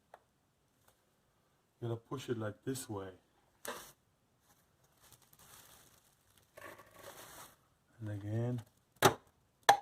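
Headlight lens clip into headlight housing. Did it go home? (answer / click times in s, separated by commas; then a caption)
yes / 9.7 s. Someone talks while pushing a plastic headlight lens onto the headlight housing of a BMW X5, with soft handling and scraping noises in between. At 9.7 s a sharp, loud click rings out as a retaining clip snaps into place, seating the lens.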